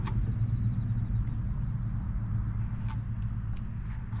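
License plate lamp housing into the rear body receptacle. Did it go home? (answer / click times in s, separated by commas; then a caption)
no / none. A salvaged license plate lamp housing, taken from a parts vehicle, is pushed into its rear body receptacle on a Bronco II. A steady low rumble fills the clip, with a few faint, brief taps near 0.1, 2.9 and 3.6 seconds. The housing sits in place but has not clicked into its receptacle.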